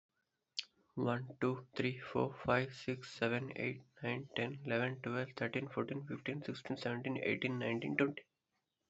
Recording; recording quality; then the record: counting at a fast pace; excellent, no background noise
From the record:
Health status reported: healthy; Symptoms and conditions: none ticked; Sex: male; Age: 25 years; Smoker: not ticked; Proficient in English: yes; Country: India